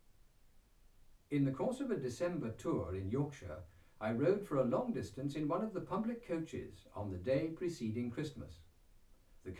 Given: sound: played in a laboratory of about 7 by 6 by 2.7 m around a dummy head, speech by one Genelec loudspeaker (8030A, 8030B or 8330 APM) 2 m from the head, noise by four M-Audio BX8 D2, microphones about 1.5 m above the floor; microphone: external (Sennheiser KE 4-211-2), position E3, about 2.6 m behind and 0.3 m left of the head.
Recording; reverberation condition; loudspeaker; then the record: male speech in English; low; 60 degrees to the right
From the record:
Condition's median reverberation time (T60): about 310 ms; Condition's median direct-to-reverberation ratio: about 3.5 dB